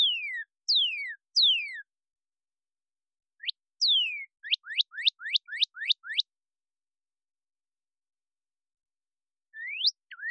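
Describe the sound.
Cardinal song: three loud downslurred whistles, a pause, then a short rising note and another downslurred whistle, a quick run of about eight sharply rising whistled notes, and one more rising whistle near the end. No other sounds.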